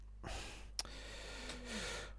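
Soft, noisy breaths with a faint low rattling tone as the air goes out, and a brief click in between, all fairly quiet against room noise. A dog asleep nearby is snoring gently, a normal sound in sleep.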